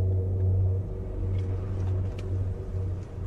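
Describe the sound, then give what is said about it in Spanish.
A car engine hums steadily with a deep, low rumble and droning harmonics as the car drives at a little past one in the morning, returning from the village of Pesaguero in the Liébana district. Faint higher ticks sound over the drone. “Al volante de mi coche regresaba de Pesaguero, el pueblo de mi mujer, situado en la maravillosa comarca del Liébana.”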